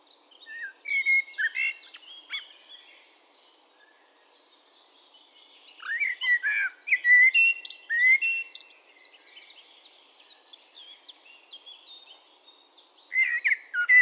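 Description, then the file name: Common blackbird song: low fluted warbling phrases ending in high twittery flourishes, three bursts separated by quiet pauses of several seconds. "Turdus merula"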